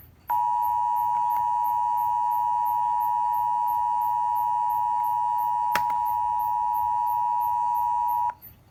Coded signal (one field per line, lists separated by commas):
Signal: Emergency Alert System (SAME) tones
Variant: 853 and 960 Hz attention tone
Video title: Guess Who Joined The Party? EAS #293 (TOR)